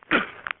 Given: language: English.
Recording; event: throat vibration sensor signal played as sound; cough